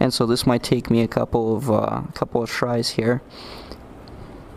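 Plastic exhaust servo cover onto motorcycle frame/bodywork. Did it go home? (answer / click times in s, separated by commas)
no / none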